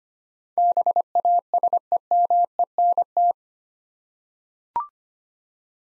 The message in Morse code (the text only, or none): BASEMENT